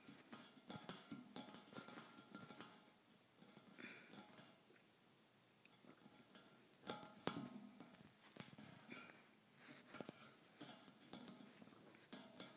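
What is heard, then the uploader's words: Thin metal bars are tapped in quick, irregular bursts, each strike a bright clink with a short ringing tone behind it. The tapping thins out around five to six and a half seconds, then resumes with a sharp, louder hit near seven seconds. ASMR Tapping Thin Metal Bars.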